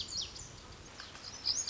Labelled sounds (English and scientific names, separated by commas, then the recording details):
Lazuli Bunting (Passerina amoena)
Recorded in Sonoma County, California